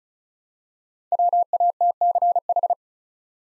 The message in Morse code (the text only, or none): WATCH